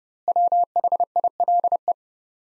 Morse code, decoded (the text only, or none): WHILE